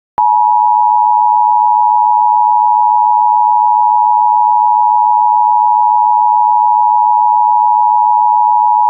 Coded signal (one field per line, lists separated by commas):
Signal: Emergency Alert System (SAME) tones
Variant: 853 and 960 Hz attention tone